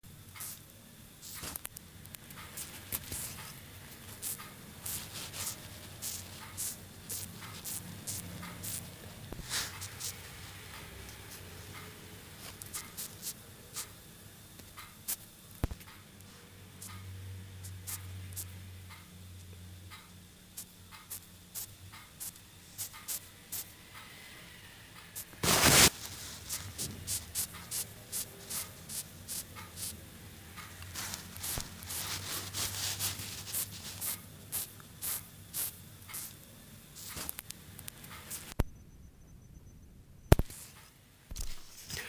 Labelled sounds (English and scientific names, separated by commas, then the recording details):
Wasp Beetle (Clytus arietis) stridulation
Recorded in captivity
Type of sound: stridulation
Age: imago
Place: Mühlenbecker Land, OT Summt, Brandenburg, DE
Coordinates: 52.6931, 13.3619
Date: 1983-05-29 19:10
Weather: keine Angabe
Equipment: Nagra SN, Kopie Uher 4000 Monitor Report
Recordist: Tembrock, Günter
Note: Kieferngrund (Grundstück) gefangen, im Zimmer aufgenommen. Stridulation in der Hand